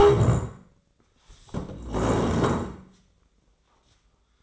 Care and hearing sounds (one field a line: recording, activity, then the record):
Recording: daily activity, microphone in the room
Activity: stand up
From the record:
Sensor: 3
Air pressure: 1012.3 hPa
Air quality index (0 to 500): 172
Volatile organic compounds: 3 ppm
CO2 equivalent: 1318 ppm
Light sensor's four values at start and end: 53/138/60/63 and 89/196/98/107